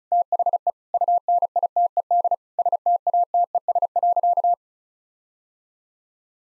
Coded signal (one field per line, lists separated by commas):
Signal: Morse code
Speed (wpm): 36 wpm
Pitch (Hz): 700 Hz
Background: none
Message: THE UNITED STATES.